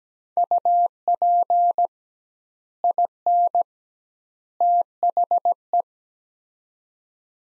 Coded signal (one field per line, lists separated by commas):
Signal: Morse code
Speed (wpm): 17 wpm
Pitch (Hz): 700 Hz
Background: none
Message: UP IN THE